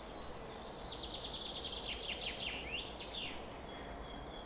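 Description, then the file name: Birds: bird chorus at dawn with rapid descending chirps and thin high whistles from several birds overlapping, against a low background hiss. Summer morning bird chorus at 4:40 am. "summer morning bird chorus-4 40 am in cobs"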